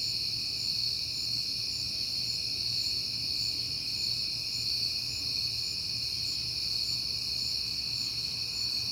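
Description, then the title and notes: Crickets in a steady chorus, a continuous high shimmering trill with several layered pitches, joined by a faint low hum. Crickets recorded on a peaceful night in September. "Night Time: Crickets and Passing Cars. It is September and I have been hearing the crickets a lot, but finally had a peaceful night to make the recording"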